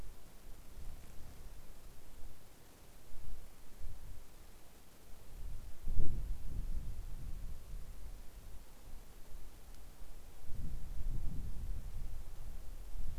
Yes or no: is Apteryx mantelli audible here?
no